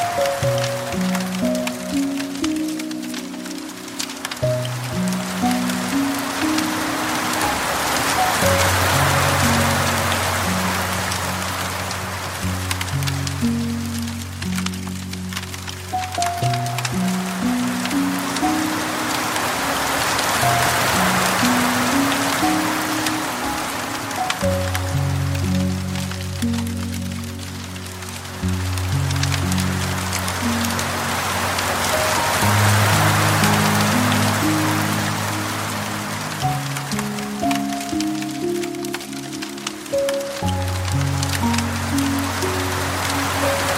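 Gentle rain falls steadily throughout, a soft, dense hiss that swells and eases in slow waves about every twelve seconds. Beneath it, soft low piano notes and held chords move slowly, with brighter chime-like tones ringing now and then.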